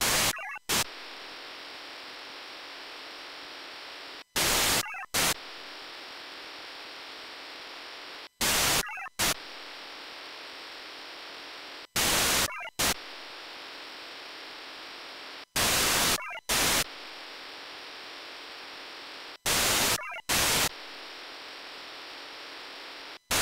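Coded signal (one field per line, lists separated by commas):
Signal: HF data modem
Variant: VARA FM wide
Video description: Testing VARA-FM wide-mode communications on a tabletop with two radios connected to two separate sets of VARA-FM modem and VarAC application on the same PC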